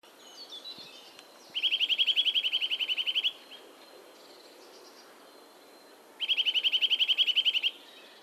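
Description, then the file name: Eurasian nuthatch calling: two bursts of rapid, evenly spaced high piping notes, each lasting under two seconds. "Sitta europaea"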